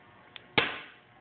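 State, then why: Seated. A lined-up metal kick starter part is struck onto the kick shaft of a Yamaha Blaster ATV to fix a sloppy kick starter. A light tap at 0.4 s is followed by a hard smack at 0.6 s that rings out and fades. The part is driven in and seated at 0.6 s.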